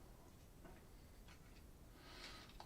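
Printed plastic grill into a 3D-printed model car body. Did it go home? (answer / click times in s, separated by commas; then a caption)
yes / 2.6 s. A printed plastic grill piece for a 3D-printed DeLorean DMC-12 kit-card model car is fitted into the car body, going on only one way. Quiet handling sounds lead to a short, sharp snap at 2.6 seconds as the grill seats in place.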